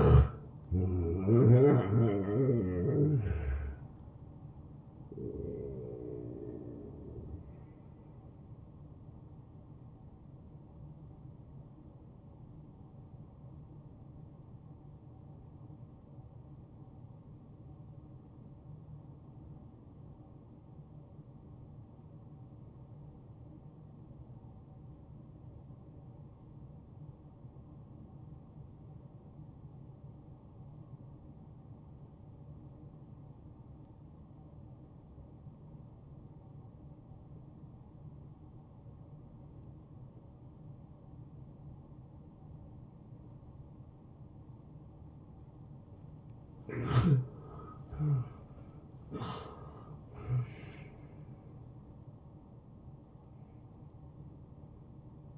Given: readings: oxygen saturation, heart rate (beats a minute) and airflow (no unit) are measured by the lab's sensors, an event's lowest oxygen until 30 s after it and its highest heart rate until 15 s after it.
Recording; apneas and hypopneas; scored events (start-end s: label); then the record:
breathing in sleep by a smartphone at the bedside; 1
16.00-45.90 s: obstructive apnea (N1, oxygen 94% highest, then 84% lowest, heart rate 71 at the start, 73 highest)
From the record:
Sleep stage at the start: N1 (lightest sleep); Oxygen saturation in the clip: 79 to 94%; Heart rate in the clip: 68 to 86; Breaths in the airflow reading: 7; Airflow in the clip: -14.1 to 8.6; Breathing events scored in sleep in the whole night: 263 in 5.5 hours asleep